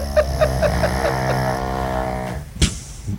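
Low, buzzing, drawn-out snore from a pug, two recordings of the same snoring playing together and lining up, ending in a brief snort.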